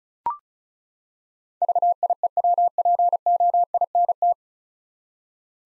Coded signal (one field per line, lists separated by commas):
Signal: Morse code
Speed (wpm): 34 wpm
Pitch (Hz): 700 Hz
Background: none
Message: VIEWPOINT